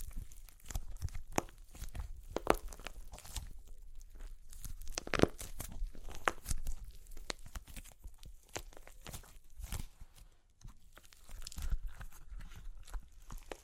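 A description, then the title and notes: Super crunchy clay cracks and crumbles in a dense, irregular run of sharp snaps and gritty crackles spread across the whole clip. The louder breaks stand out near two, five and twelve seconds, and a brief quieter lull comes around ten seconds. Super Crunchy Clay Cracking (No Talking).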